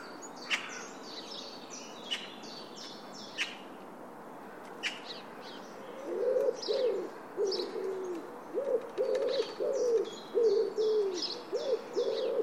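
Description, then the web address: Bird calls: scattered high chirps through the first half, then a run of low, short cooing notes repeated in quick succession from about six seconds onward. "Bird Only"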